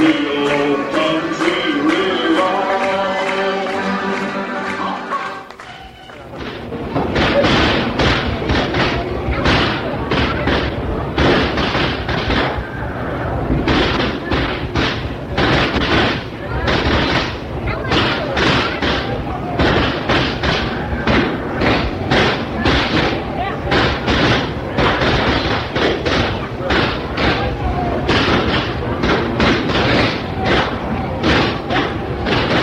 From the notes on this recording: a trip to Disneyland